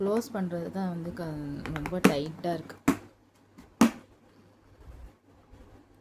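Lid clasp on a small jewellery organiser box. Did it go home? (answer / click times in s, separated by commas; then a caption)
yes / 3.8 s. Someone talks while pressing down the tight-fitting lid of a small plastic jewellery organiser box, which has to be pressed firmly before it locks. A sharp, loud snap at 3.8 s marks the lid clasp locking shut.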